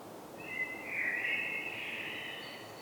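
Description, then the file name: Common blackbird fluting a soft, mellow phrase that swells and fades, with a faint high note trailing at the end over steady background hiss. "Turdus merula"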